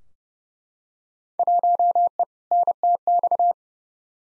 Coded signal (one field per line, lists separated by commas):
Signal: Morse code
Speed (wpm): 30 wpm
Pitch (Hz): 700 Hz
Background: none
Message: 1E NTX